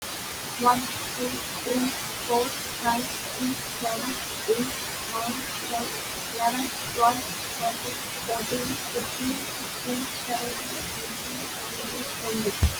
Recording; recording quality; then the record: counting at a normal pace; moderate, slight background noise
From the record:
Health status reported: healthy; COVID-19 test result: not tested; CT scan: not taken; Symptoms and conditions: none ticked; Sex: female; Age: 23 years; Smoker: no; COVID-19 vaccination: none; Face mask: worn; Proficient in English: yes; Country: India